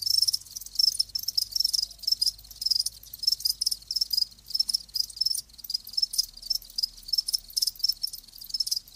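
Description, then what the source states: Crickets chirping, high shrill pulses repeated rapidly, overlapping into a continuous pulsing chorus. Live crickets chirping.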